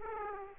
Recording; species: mosquito wingbeat signal from an infrared sensor; Aedes aegypti